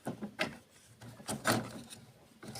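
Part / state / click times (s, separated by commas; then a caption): black ink cartridge into inkjet printer carriage slot / not seated / none. A black plastic ink cartridge is handled and slid toward its slot in the carriage of an HP OfficeJet Pro 8600-series inkjet printer (8600, 8610, 8620, 8630). Short taps and scrapes of plastic come and go, with the loudest bursts near 0.4 s and 1.5 s and a rustle at the end. Nothing has seated or clicked yet.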